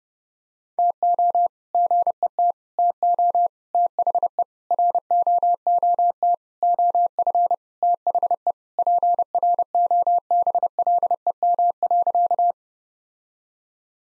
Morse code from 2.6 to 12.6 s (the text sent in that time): TO THE ROOT OF THE PROBLEM.